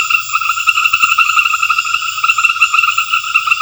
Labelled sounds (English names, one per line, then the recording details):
none
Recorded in secondary vegetation near Puerto Asís, Putumayo, Colombia, on 28 February 2025 at 20:30
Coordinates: 0.498, -76.327
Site G001